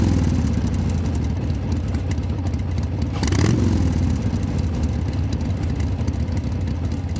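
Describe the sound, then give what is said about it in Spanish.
A motorcycle engine runs at a steady, rumbling idle with a low, uneven putter and some mechanical clatter after the riders brake to a stop because the bike feels odd from a flat tire, briefly swelling in pitch around the middle before settling back. “Cuando estábamos llegando, nos empezamos a dar cuenta que la moto estaba rara. Frenamos.”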